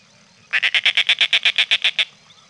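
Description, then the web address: Snail Kite call, a dry, harsh cackle of about thirteen evenly spaced raspy notes, roughly eight per second, lasting one and a half seconds, with no other sounds. "Peterson North American Birds"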